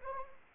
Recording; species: mosquito wingbeat signal from an infrared sensor; Anopheles arabiensis